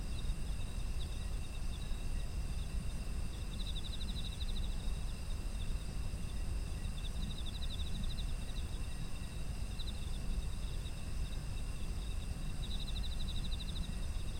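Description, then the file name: Autumn insects: high insect trills hum without pause while pulsed chirp bursts return several times, set against a constant low rumble. Autumn insects; environmental ambience. "秋の虫の環境音"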